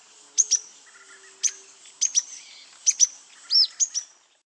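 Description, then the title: Grey-headed spinetail calls: sharp, very high ticking notes, mostly in pairs, with a brief arched whistle near the end, over a quiet background. "LuckyPassaro Completos2Sama. Grey-headed Spinetail (Cranioleuca semicinerea)"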